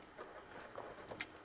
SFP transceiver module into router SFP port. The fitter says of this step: like that, goes a little click, goes really far in, about that far in.